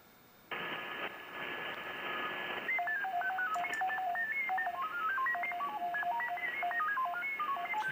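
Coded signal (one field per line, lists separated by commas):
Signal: FT8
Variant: SuperFox mode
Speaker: Wow, he's up to plus 11 now.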